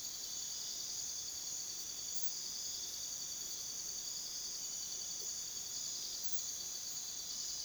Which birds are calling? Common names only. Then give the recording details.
none. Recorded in pastures near Puerto Asís, Putumayo, Colombia, on 20 February 2024 at 05:30. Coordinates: 0.497, -76.327. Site G7276